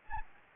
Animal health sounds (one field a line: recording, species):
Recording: mosquito wingbeat signal from an infrared sensor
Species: Anopheles gambiae